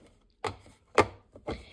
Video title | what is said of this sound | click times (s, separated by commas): Ninja NC301 CREAMi Ice Cream Maker Review | and then I'm going to turn it and you heard the click so it locked super simple | 1.0 s